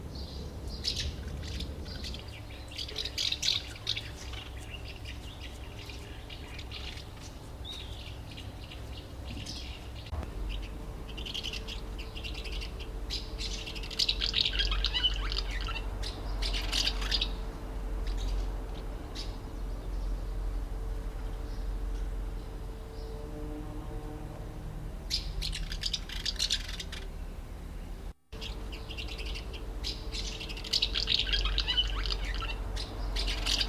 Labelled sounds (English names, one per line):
Common House Martin